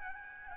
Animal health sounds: mosquito wingbeat signal from an infrared sensor; Aedes albopictus

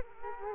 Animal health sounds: mosquito wingbeat signal from an infrared sensor; Culex quinquefasciatus

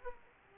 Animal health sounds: mosquito wingbeat signal from an infrared sensor; Aedes aegypti

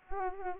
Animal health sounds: mosquito wingbeat signal from an infrared sensor; Anopheles arabiensis

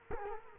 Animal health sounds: mosquito wingbeat signal from an infrared sensor; Culex quinquefasciatus

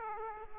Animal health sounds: mosquito wingbeat signal from an infrared sensor; Aedes aegypti

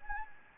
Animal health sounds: mosquito wingbeat signal from an infrared sensor; Anopheles gambiae

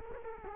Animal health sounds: mosquito wingbeat signal from an infrared sensor; Culex quinquefasciatus

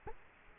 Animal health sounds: mosquito wingbeat signal from an infrared sensor; Culex quinquefasciatus

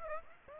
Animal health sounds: mosquito wingbeat signal from an infrared sensor; Aedes aegypti

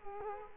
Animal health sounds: mosquito wingbeat signal from an infrared sensor; Culex quinquefasciatus

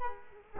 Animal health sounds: mosquito wingbeat signal from an infrared sensor; Culex quinquefasciatus

